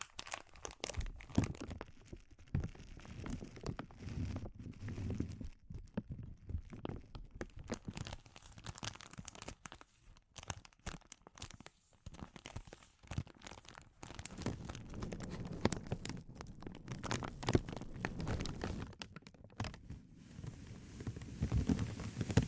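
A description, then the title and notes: Sensitive crinkling fills the whole stretch, a dense run of short crackles and rustles with no real pause. The sounds are mostly soft and low-bodied, with brighter snaps scattered throughout, and the texture stays busy and irregular from start to finish. ASMR Sensitive Crinkles (No Talking).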